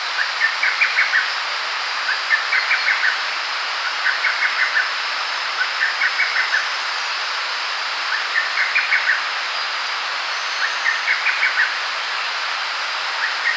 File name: lesser cuckoo